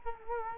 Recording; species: mosquito wingbeat signal from an infrared sensor; Culex quinquefasciatus